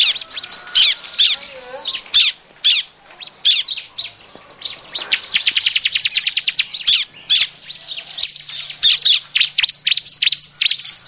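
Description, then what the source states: Bar-winged prinia chirping: high squeaky notes and quick trill-like bursts, busy and overlapping, with short gaps between clusters. Noisy calling, offered as an effective lure sound.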